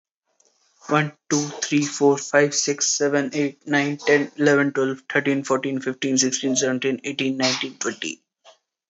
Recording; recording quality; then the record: counting at a fast pace; moderate, slight background noise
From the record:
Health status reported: exposed to COVID-19, no respiratory illness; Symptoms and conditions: none ticked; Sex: male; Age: 19 years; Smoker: not ticked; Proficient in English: yes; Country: India